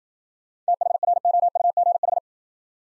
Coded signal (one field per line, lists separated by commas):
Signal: Morse code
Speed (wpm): 53 wpm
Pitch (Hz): 700 Hz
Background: none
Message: THROUGH